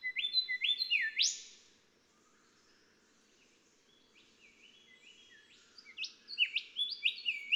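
Golden whistler song with clear whistled notes and a loud upswept ending, then quieter phrases and a renewed run of rising whistles.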